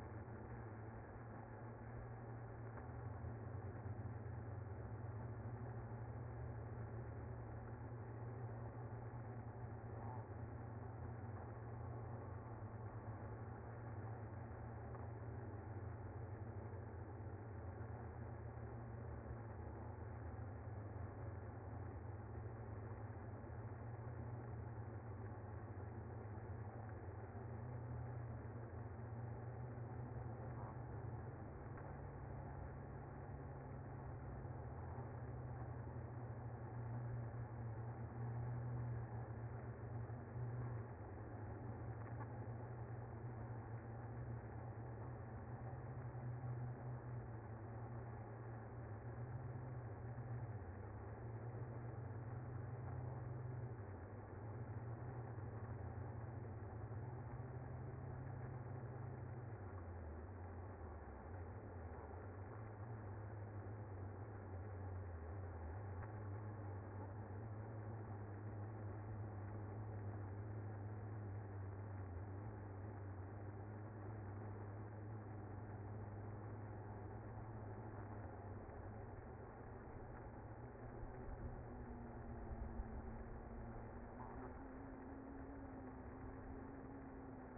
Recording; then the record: honeybee colony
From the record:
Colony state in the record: active